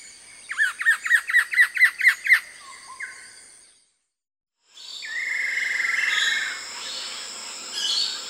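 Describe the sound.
Buff-breasted paradise kingfisher calls: a quick series of about eight sharp rising notes, a brief pause, then a long, slightly falling trill with insects humming behind.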